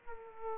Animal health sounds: mosquito wingbeat signal from an infrared sensor; Aedes aegypti

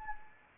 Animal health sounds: mosquito wingbeat signal from an infrared sensor; Anopheles arabiensis

